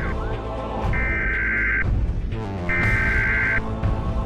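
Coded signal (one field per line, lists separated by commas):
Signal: Emergency Alert System (SAME) tones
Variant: header bursts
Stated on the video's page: Fictional EAS scenario trailer.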